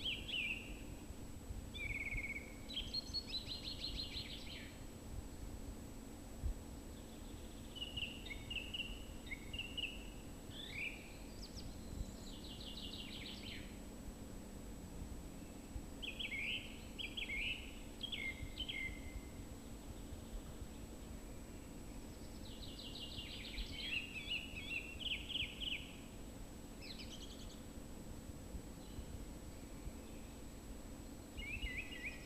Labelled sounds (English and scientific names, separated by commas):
Song Thrush (Turdus philomelos) song